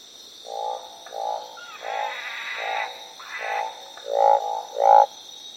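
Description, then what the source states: Northern barred frog croaks, rough pulsed calls from more than one frog overlapping unevenly, some louder near the end, over a steady high hum. Several frogs croaking.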